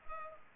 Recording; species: mosquito wingbeat signal from an infrared sensor; Culex pipiens